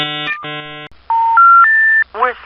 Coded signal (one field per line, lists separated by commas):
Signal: telephone call progress tone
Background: speech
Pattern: special information tone